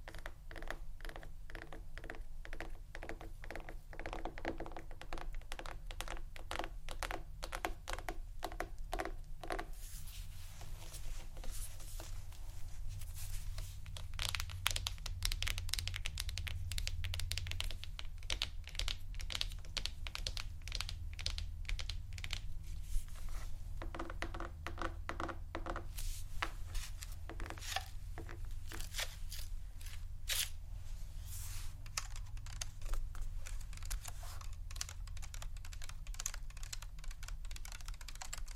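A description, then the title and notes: Fast tapping runs throughout in dense clicky bursts, like fingertips on hard surfaces, over a steady low hum. ASMR Intoxicating Tapping New Triggers（No Talking）.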